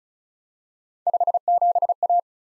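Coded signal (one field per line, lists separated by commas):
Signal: Morse code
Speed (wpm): 36 wpm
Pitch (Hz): 700 Hz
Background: none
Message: 57A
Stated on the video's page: Morse head-copy practice drill at 35 wpm of random three-character letter-number groups, each sent, spoken, then sent again.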